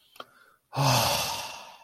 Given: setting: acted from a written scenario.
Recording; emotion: vocal sound without words; relief